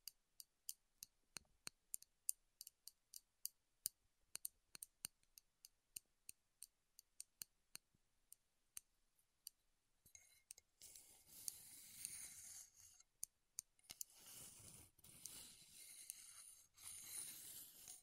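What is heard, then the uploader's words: Wooden ASMR triggers: sharp, dry taps and clicks land in an uneven but steady run over the first ten seconds, with quiet gaps between them. After that a dense, scratchy rustling rubbing sets in, pausing briefly around 13 seconds while the clicks continue. ASMR Wood Triggers in Your Ears (No Talking).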